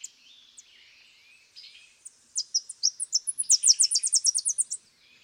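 Tennessee warbler song: high, dry staccato chips speeding into a rapid, emphatic trill near the end, over faint thin calls and a quiet background.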